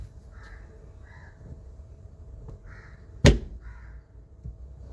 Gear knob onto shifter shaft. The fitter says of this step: Take the gear knob and push it straight down onto the shifter shaft until it snaps into place.